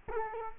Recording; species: mosquito wingbeat signal from an infrared sensor; Culex quinquefasciatus